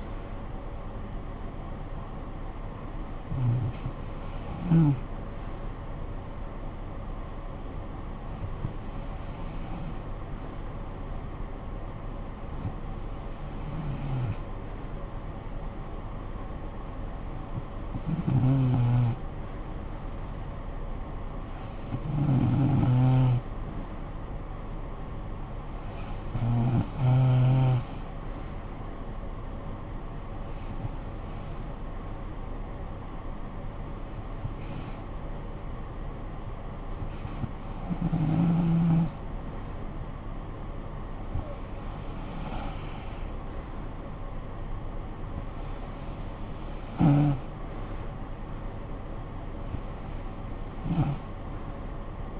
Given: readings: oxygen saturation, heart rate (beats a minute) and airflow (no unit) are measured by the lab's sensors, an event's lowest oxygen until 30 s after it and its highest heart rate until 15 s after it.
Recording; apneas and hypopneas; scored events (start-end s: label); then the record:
breathing in sleep by a smartphone at the bedside; 1
20.00-47.10 s: hypopnea (REM, oxygen 96% highest, then 92% lowest, heart rate 60 at the start, 61 highest)
From the record:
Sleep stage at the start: REM sleep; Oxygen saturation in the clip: 92 to 96%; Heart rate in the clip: 52 to 61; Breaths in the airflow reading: 12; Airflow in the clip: -11.2 to 5.9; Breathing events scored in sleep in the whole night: 445 in 7.6 hours asleep